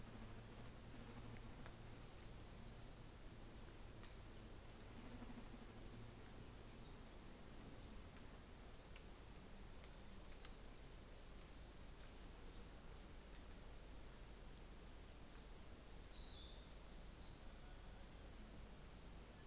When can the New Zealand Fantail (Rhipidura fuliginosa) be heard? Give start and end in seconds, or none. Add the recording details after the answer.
0.26-3.04, 6.86-8.35, 11.78-17.56. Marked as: faintness 3/5, faintness 1/5. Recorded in New Zealand on 24 December 2018. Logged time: 14:05